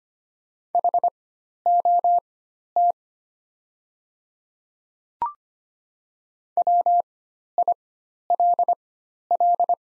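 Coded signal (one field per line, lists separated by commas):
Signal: Morse code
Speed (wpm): 25 wpm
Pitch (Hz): 700 Hz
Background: none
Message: HOT WILL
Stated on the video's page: Morse practice set of the top 100 words at 25 wpm with Farnsworth timing at four-times character spacing.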